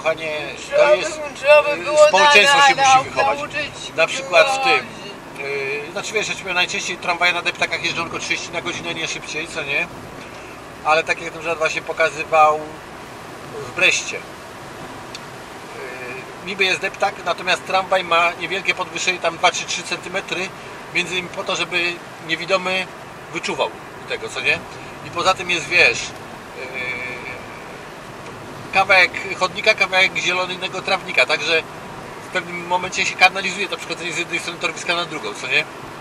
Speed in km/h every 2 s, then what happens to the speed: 55, 60, 62, 65, 65, 68, 71, 74, 74, 74, 74, 74, 75, 75, 75, 76, 76, 77.
0-14 speeds up to 74. 14-36 steady at about 75.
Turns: none.